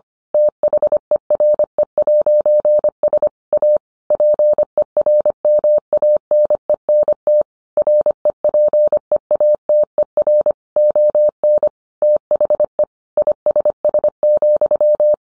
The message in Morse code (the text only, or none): THERE'S A PERMANENT REPEATER ON THE ISS,